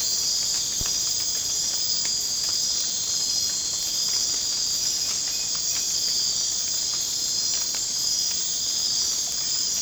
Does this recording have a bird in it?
no